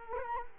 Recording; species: mosquito wingbeat signal from an infrared sensor; Culex quinquefasciatus